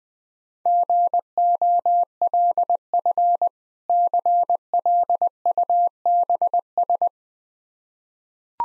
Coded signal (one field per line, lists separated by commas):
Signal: Morse code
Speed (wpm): 21 wpm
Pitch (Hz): 700 Hz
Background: none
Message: GOLF CLUBS